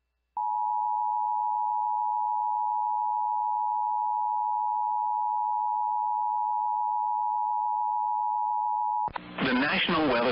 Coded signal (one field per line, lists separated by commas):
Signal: Emergency Alert System (SAME) tones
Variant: 853 and 960 Hz attention tone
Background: speech